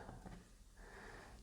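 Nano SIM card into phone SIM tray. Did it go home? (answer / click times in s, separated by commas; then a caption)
no / none. A nano SIM card is lined up and placed into the plastic/metal SIM tray of a Redmi Note 13 Pro Plus 5G phone, with quiet handling and rustling sounds and a brief soft tap near 0.1 s. The card has not been pressed in yet, so nothing has seated or clicked.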